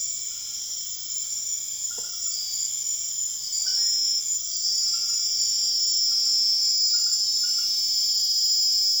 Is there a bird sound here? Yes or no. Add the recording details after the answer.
no. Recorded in secondary vegetation near Puerto Asís, Putumayo, Colombia, on 23 June 2025 at 21:00. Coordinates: 0.500, -76.326. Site GP08